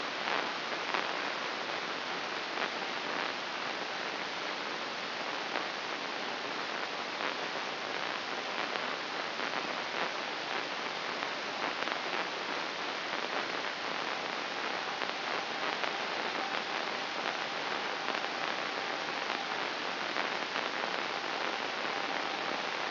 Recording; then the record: brain microelectrode recording played as sound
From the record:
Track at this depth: inside the subthalamic nucleus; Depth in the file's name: 4.938 mm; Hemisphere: right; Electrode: 2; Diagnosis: Parkinson's disease